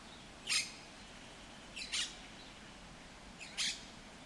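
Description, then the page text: Monk parakeet: three harsh, parrot-like squawks about a second and a half apart, over a quiet background. In El Retiro park, Madrid, Spain; Madrid holds Europe's largest Monk Parakeet population. "Cities and Memory - remixing the world. Monk parakeets in Madrid. Madrid has the greatest population of Monk Parakeets in Europe, many of whom can be seen and heard in the El Retiro park"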